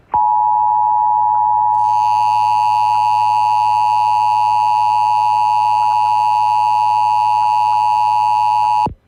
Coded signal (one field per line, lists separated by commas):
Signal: Emergency Alert System (SAME) tones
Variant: 853 and 960 Hz attention tone